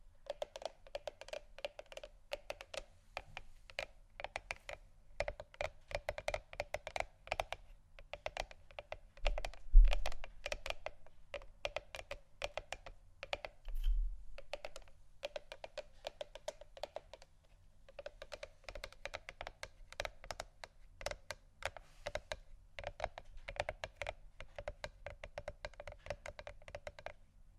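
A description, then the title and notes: Gentle tapping in rapid, clicky bursts with brief pauses around 17 seconds, plus two low thumps near 10 and 14 seconds. ASMR Gentle Tapping Assortment (No Talking).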